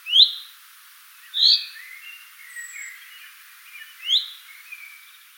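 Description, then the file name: Common chaffinch calling: three loud, sharp, clipped notes spaced over four seconds, with soft twittering of other small birds between them. "Fringilla coelebs"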